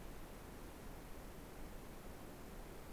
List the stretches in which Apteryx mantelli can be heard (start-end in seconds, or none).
none